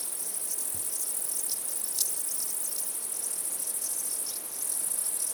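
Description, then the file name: Crickets trilling steadily at high pitch, short chirps pulsing underneath, a single soft thump early on. Crickets at night. "Night Sounds, Cricket Sounds, Sounds of Nature Zone"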